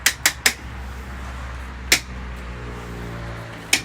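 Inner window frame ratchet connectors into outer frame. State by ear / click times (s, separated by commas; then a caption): seated / 0.1 s, 0.3 s, 0.5 s, 1.9 s, 3.7 s. Two people squeeze the inner and outer frames of a Lippert Thin Shade RV window shade kit together by hand, pushing the inner frame's ratcheting connectors into the outer frame. Sharp clicks sound at 0.1, 0.3, 0.5, 1.9 and 3.7 seconds over a steady low hum, each one a connector engaging one step tighter. The frames are seated, drawing tighter with every click.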